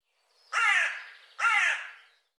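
Bird: two harsh, raspy caws from a bird, the second following the first after a brief gap.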